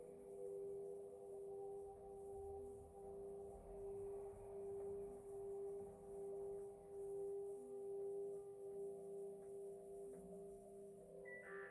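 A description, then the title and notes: A singing bowl rings with a long, steady tone that holds through the whole twelve seconds, its pitch sustained and slightly wavering in strength. Fainter overtones and a soft low rumble sit beneath it, and a brief higher note appears near the end. MIDI and BOWL sounds 7 mins per chakra.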